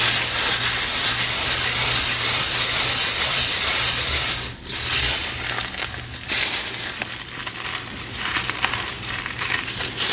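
Green cornstarch and gym chalk powder sift down in a steady, dense hiss for the first four seconds. A brief pause follows, then softer, uneven sifting resumes with short swells near five and six seconds, and a faint low hum runs underneath throughout.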